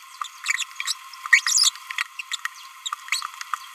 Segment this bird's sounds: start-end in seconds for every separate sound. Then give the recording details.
0.44-0.63, 0.85-0.96, 1.33-1.40, 1.47-1.72, 2.32-2.35, 2.86-2.88. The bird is a male. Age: 27 days. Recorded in a nest box in Venezuela. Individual 17B31A2